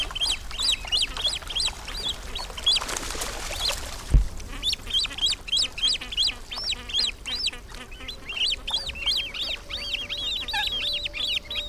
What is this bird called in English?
Great Crested Grebe